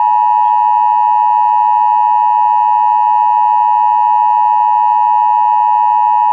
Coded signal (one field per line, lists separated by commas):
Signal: Emergency Alert System (SAME) tones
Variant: 853 and 960 Hz attention tone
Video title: Planet X (An EAS Scenario)